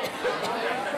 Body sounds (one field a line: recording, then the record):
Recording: coughing mixed with background sound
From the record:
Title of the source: Coughing Woman Sound - Woman Cough Sound Effect